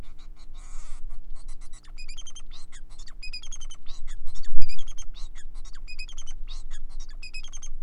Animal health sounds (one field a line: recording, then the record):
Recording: song of a male Bengalese finch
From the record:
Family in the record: son of father 4